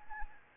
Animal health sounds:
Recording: mosquito wingbeat signal from an infrared sensor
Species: Anopheles arabiensis

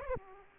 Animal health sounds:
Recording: mosquito wingbeat signal from an infrared sensor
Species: Aedes aegypti

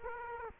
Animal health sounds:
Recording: mosquito wingbeat signal from an infrared sensor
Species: Culex quinquefasciatus

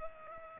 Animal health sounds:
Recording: mosquito wingbeat signal from an infrared sensor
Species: Culex pipiens

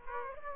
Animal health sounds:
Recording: mosquito wingbeat signal from an infrared sensor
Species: Aedes aegypti

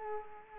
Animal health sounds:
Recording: mosquito wingbeat signal from an infrared sensor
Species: Culex quinquefasciatus

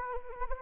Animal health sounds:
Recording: mosquito wingbeat signal from an infrared sensor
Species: Anopheles arabiensis

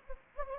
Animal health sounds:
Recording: mosquito wingbeat signal from an infrared sensor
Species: Anopheles gambiae

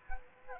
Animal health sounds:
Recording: mosquito wingbeat signal from an infrared sensor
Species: Aedes aegypti

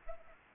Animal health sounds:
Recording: mosquito wingbeat signal from an infrared sensor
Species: Anopheles arabiensis

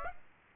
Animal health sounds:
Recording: mosquito wingbeat signal from an infrared sensor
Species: Aedes aegypti

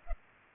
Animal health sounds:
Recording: mosquito wingbeat signal from an infrared sensor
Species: Culex pipiens

